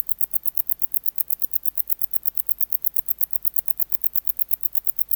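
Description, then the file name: Wart-biter song, a continuous sequence of sharp, ticking clicks, evenly spaced, over a low background hum. "Decticus verrucivorus"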